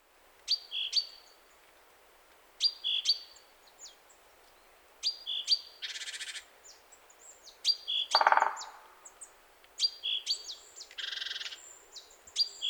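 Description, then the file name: Great tit calls: groups of sharp high notes every couple of seconds, with a few harsh noisy bursts between them. "Parus major"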